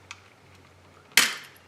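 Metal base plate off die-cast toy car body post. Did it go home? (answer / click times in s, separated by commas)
released / 1.2 s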